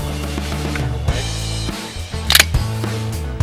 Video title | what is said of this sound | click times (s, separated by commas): Wolcott Fire School - Firefighter 1 Fall 2014 | Clicks right in. | 2.3 s